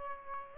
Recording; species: mosquito wingbeat signal from an infrared sensor; Aedes albopictus